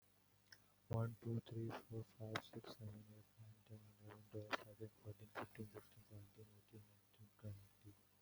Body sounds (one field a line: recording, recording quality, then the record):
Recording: counting at a fast pace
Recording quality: excellent, no background noise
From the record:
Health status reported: exposed to COVID-19, no respiratory illness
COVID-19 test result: not tested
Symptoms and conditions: none ticked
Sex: male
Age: 22 years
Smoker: not ticked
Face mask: not worn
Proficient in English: yes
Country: India